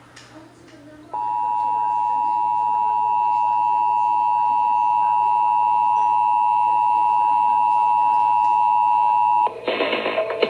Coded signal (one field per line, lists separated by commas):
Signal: Emergency Alert System (SAME) tones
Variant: 853 and 960 Hz attention tone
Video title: (EAS #643) Severe Thunderstorm Warning (KSCS-FM)